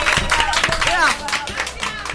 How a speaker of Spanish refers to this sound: ¡Un aplauso!